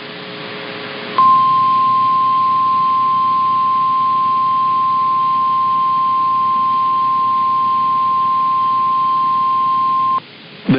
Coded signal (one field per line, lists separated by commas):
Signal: Emergency Alert System (SAME) tones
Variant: 1050 Hz attention tone